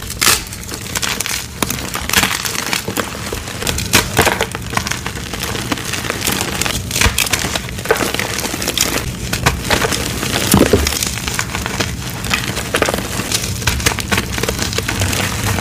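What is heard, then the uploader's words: Dyed chalk crunches and crumbles, with dense, rapid crackling snaps and occasional louder crushing bursts throughout. Crispy Dyed Chalk Extravaganza! (NO POWDER PLAY).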